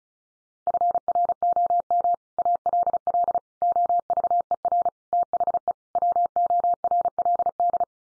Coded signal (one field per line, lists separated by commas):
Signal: Morse code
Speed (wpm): 34 wpm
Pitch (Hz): 700 Hz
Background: none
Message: FROM ALL OVER THE WORLD